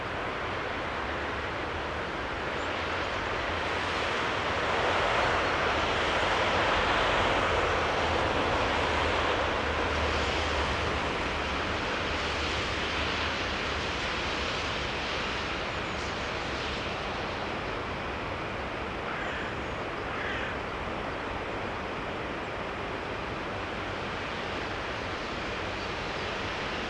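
Soundscape near Lauterbach Church: a steady, dense rushing wash with a low rumble, swelling slightly around five to eight seconds, with faint brief chirps.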